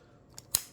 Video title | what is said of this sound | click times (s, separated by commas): chevy silverado gear shift cable & bushing repair | Push that down. See how it clicked in? | 0.5 s